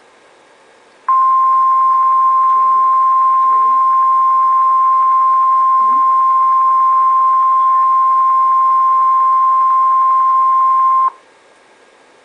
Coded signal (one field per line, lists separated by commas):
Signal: Emergency Alert System (SAME) tones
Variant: 1050 Hz attention tone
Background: speech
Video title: Tornado Warning (interruption) {EAS #6}